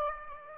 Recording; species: mosquito wingbeat signal from an infrared sensor; Aedes aegypti